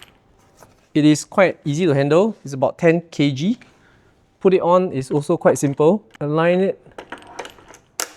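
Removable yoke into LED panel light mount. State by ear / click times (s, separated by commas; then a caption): seated / 8.0 s. Someone talks while a removable metal yoke is lined up with the mounting points of an Aputure NOVA II 1x1 LED panel light and pushed on, with light handling knocks around 7.0–7.5 s. A loud, sharp latch hit at 8.0 s marks the yoke locking into place.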